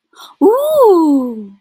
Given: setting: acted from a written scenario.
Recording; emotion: vocal sound without words; positive surprise